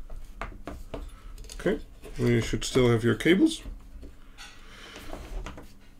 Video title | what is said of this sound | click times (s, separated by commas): Home Networking: How to terminate ethernet cables (Part 2 - 2) | as you can see here and then this can go down right until it clicks | 0.4 s